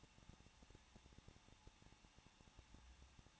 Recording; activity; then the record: daily activity, microphone in the room; no activity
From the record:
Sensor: 1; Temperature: 20.1 degrees Celsius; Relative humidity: 39.1%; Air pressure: 1006.4 hPa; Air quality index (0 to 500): 216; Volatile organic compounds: 74 ppm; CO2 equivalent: 3553 ppm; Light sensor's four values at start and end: 1/2/1/1 and 1/2/1/1